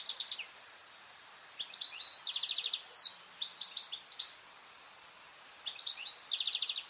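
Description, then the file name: European goldfinch giving bright, tinkling twitters mixed with short buzzy rattling trills, in bursts separated by brief pauses, over a soft steady hiss. "Carduelis carduelis"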